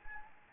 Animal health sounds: mosquito wingbeat signal from an infrared sensor; Anopheles gambiae

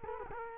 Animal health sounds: mosquito wingbeat signal from an infrared sensor; Culex quinquefasciatus

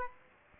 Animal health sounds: mosquito wingbeat signal from an infrared sensor; Aedes aegypti

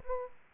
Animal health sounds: mosquito wingbeat signal from an infrared sensor; Aedes aegypti

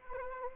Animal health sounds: mosquito wingbeat signal from an infrared sensor; Anopheles arabiensis

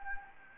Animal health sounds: mosquito wingbeat signal from an infrared sensor; Anopheles gambiae

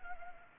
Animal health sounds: mosquito wingbeat signal from an infrared sensor; Anopheles gambiae

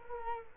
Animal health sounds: mosquito wingbeat signal from an infrared sensor; Culex quinquefasciatus

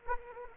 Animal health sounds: mosquito wingbeat signal from an infrared sensor; Anopheles gambiae

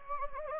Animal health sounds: mosquito wingbeat signal from an infrared sensor; Anopheles gambiae

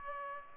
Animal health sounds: mosquito wingbeat signal from an infrared sensor; Culex pipiens

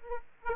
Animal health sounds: mosquito wingbeat signal from an infrared sensor; Aedes aegypti

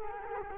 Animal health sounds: mosquito wingbeat signal from an infrared sensor; Culex quinquefasciatus

